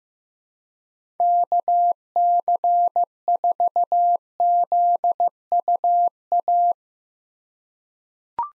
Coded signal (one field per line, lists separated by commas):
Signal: Morse code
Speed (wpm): 15 wpm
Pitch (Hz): 700 Hz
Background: none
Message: KC4ZUA